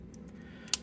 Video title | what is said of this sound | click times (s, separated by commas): Chuck's Reviews Transformers Legacy Core Class Shockwave | go ahead and do all that the head should pop into place | 0.7 s